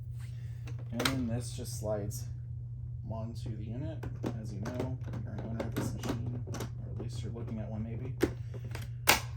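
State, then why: Seated. A plastic dust container is slid onto the body of a Miele Blizzard CX1 canister vacuum while someone talks over a steady low hum. It latches with a sharp click at 9.1 s, seating the container on the vacuum.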